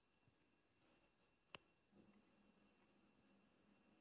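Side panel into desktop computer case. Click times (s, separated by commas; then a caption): 1.5 s. A computer case side panel is slid back onto a desktop computer case, and a single sharp click at 1.6 s marks it seating into place, flush with the case. Before and after the click there is only a quiet, steady background, with faint low rustling from about 1.9 s on.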